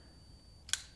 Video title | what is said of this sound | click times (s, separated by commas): BB Gun Colt Peacemaker SAA - First Shoot | that first click and if you listen | 0.7 s